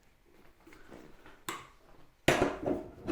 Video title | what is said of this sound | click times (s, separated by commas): What’s Inside a 265 Pound Total Gym Box? | so it's really super easy to snap into place | 1.5 s, 2.3 s